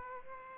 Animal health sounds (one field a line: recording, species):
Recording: mosquito wingbeat signal from an infrared sensor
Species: Aedes aegypti